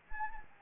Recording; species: mosquito wingbeat signal from an infrared sensor; Anopheles gambiae